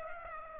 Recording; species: mosquito wingbeat signal from an infrared sensor; Aedes aegypti